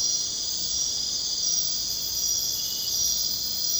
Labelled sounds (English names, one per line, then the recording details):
none
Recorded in secondary vegetation near Puerto Asís, Putumayo, Colombia, on 22 June 2025 at 23:30
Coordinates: 0.484, -76.319
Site G074